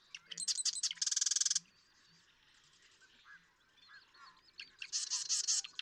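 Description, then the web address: Marsh Wren song: rapid buzzy rattling trills of dry notes, two short bursts, with softer chatter between them and faint low background sounds. "birdsongforthecurious Marsh Wren"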